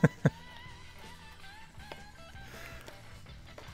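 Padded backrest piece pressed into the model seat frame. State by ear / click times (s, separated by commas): not seated / none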